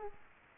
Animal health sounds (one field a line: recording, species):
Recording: mosquito wingbeat signal from an infrared sensor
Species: Culex quinquefasciatus